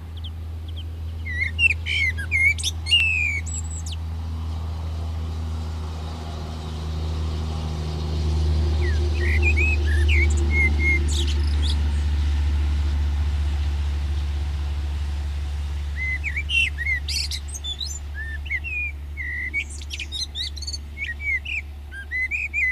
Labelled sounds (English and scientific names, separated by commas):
Common Blackbird (Turdus merula) song